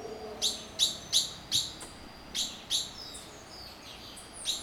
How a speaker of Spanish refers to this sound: En Guasimal de Punta Arenas vive el río Veracruz. Poco antes del amanecer despiertan los congos, tucanes y colibríes que viven en los bosques de sus orillas.